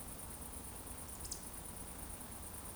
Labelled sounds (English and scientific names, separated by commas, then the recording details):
Eurasian Woodcock (Scolopax rusticola) whistle
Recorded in Baden-Württemberg, Germany, on 25 June 2020 at 20:28 UTC
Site 14569, 102 m above sea level